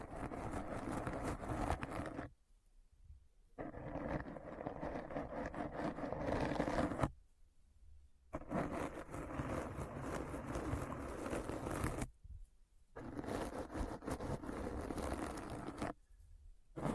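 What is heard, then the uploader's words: Dense, rough scratching comes in long bursts broken by four short silences near 2, 7, 12 and 16 seconds, with a low rumble underneath. ASMR Deep Brain Scratch (No Talking).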